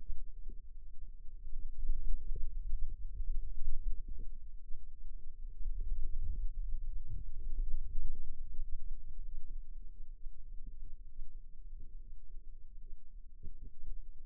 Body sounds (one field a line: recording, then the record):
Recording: forearm muscle sounds (acoustic myography)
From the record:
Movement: radial deviation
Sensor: system 2, bracelet of six BSWA MPA416 microphones around the upper forearm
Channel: 1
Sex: female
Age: 22 years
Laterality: right